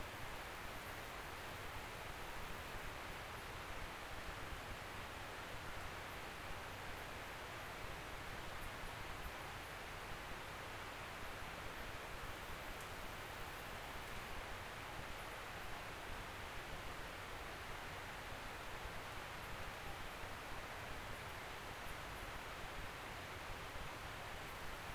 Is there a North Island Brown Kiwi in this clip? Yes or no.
no